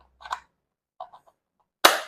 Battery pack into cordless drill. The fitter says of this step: करके आवाज आएगी यह लॉक हो गया अब देखिए